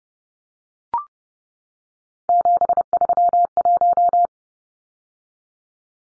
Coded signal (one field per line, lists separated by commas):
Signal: Morse code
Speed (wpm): 30 wpm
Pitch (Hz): 700 Hz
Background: none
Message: 731